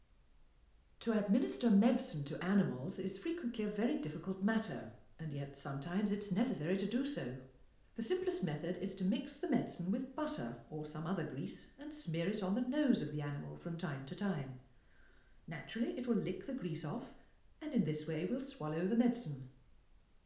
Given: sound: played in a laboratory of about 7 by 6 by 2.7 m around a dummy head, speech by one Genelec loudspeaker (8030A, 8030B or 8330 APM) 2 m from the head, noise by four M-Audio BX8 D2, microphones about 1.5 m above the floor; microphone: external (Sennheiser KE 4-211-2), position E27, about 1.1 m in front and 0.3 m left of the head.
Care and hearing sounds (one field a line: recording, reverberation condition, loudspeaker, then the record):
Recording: female speech in English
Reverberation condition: medium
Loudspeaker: 30 degrees to the right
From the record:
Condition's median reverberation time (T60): about 510 ms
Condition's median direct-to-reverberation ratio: about -0.5 dB